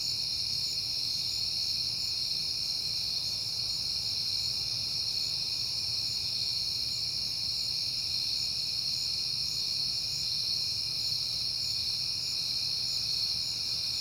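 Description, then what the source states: Cricket: steady night chorus of crickets, high and unbroken for the whole stretch, over a faint deep hum. Crickets recorded at night in September, on a peaceful night.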